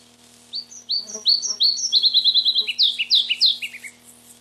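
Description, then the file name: Red-breasted flycatcher singing a bright phrase that opens with spaced high notes, quickens into a fast repeated trill and finishes with falling slurred notes over a faint hum. "Mparva"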